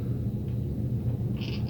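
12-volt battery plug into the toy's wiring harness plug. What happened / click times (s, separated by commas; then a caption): The plug is being handled but has not snapped home yet / none. The white plug from the 12-volt battery on a Yamaha Raptor 700R ride-on toy is handled against the black plug of the toy's wiring harness, which it snaps and locks into to give the toy power. A steady low rumble runs throughout, with faint higher tones appearing from about 1.4 s. Nothing has seated or clicked yet.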